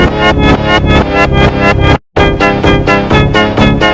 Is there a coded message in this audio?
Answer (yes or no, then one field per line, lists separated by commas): no